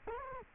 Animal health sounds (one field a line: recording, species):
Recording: mosquito wingbeat signal from an infrared sensor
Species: Culex quinquefasciatus